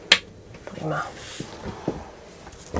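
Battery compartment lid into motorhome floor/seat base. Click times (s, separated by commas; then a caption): 0.1 s. In a Laika Ecovip L 4009 DS motorhome, the battery compartment lid is closed back into the floor/seat base and snaps shut with one sharp snap at 0.1 s. Softer knocks and a brief word from someone talking follow. The lid is seated.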